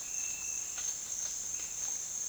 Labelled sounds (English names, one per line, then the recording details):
none
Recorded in dense forest near Puerto Asís, Putumayo, Colombia, on 25 June 2025 at 07:30
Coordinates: 0.466, -76.327
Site GP04